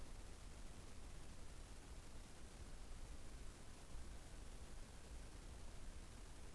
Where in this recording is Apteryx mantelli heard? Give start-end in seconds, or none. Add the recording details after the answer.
1.45-6.54. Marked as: faintness 5/5. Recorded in New Zealand on 15 November 2013. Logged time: 00:43. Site BV22